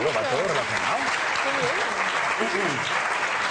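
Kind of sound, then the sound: crowd, audience applause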